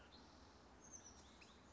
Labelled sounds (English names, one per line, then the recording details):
Oak Titmouse
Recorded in Sonoma County, California